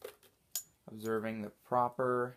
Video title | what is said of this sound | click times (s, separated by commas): Animated Guardian Of The Grave Setup | whatever letter it is and go ahead and clip them to place observing | 0.6 s